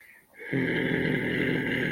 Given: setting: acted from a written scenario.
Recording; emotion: vocal sound without words; anger